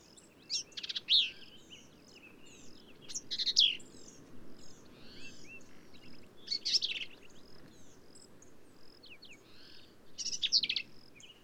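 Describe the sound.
Black-capped vireo song: short, sharp, complex phrases of high chattering and slurred notes, given about every three seconds, with faint chirps between phrases.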